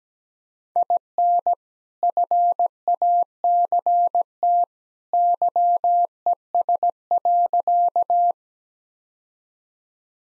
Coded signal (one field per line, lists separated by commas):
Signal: Morse code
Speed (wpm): 17 wpm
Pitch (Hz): 700 Hz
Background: none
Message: IN FACT YES.